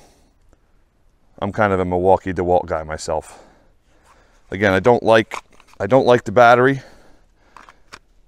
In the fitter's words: that should click in and it doesn't